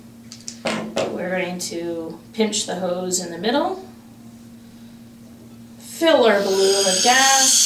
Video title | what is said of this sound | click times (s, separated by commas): How to Do a Bump Test: BW Micro Clip XT Gas Detector | press down until you hear it click the test cap on | 0.5 s